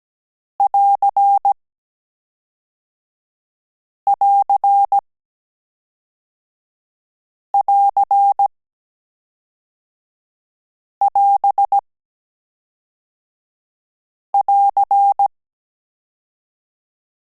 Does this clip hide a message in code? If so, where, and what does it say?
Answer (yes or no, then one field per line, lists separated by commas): yes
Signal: Morse code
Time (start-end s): 0.6-15.3 s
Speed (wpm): 17 wpm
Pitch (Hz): 800 Hz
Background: none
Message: <AR><AR><AR><AS><AR>